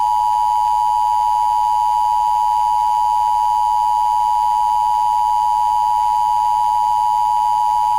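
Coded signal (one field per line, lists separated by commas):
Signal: Emergency Alert System (SAME) tones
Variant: 853 and 960 Hz attention tone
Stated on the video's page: Statewide Required Monthly Test sent by Washington State EOC for NOAA, relayed by KCSY-FM, recorded from the station's online live stream.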